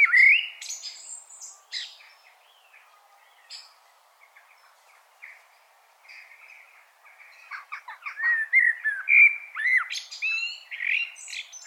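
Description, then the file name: Common blackbird singing: a short warbled phrase opens, a quiet stretch follows, then a longer run of fluty notes and scratchy high twitters near the end. "Turdus merula"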